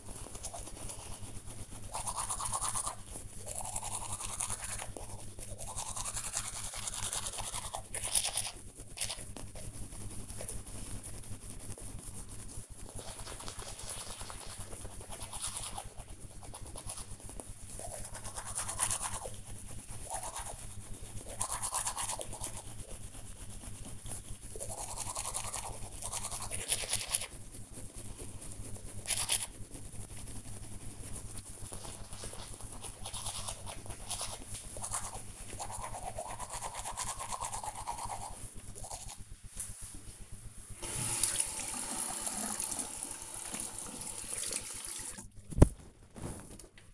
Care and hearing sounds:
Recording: household activities, microphone on the right wrist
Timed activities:
0.00-45.96 s: brushing teeth

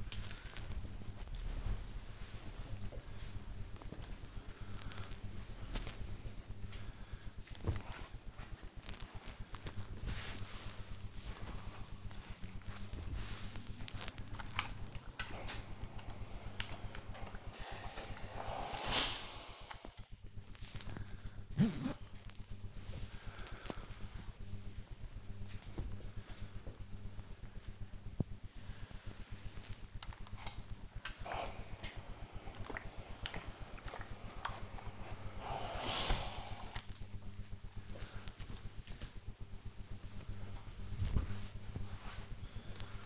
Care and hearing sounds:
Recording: household activities, microphone on the right wrist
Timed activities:
9.77-43.06 s: ironing laundry

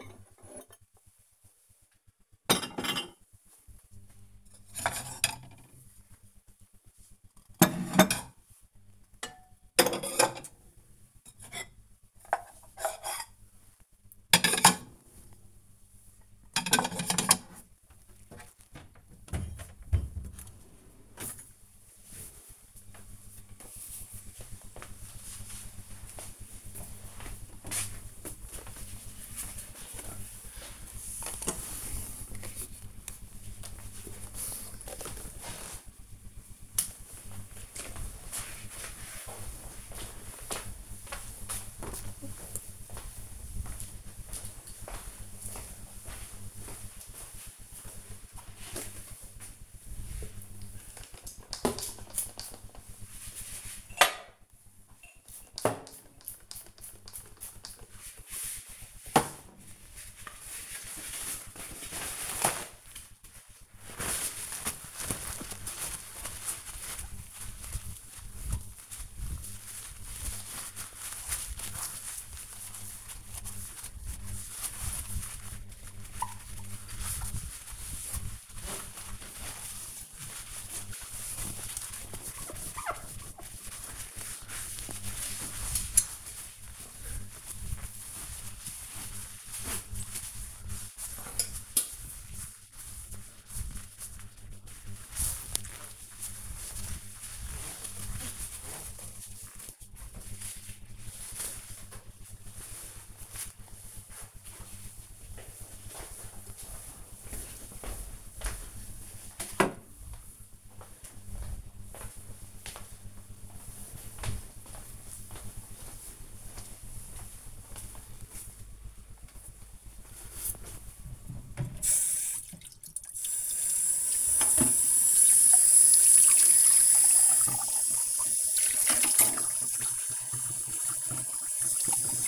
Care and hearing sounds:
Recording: household activities, microphone on the right wrist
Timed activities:
0.00-18.93 s: putting away the dishes
48.10-101.45 s: window cleaning
118.58-132.28 s: washing dishes

